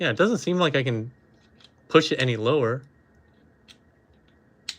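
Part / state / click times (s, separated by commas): plastic head/chest part seating into a transforming robot figure's body / seated / 4.7 s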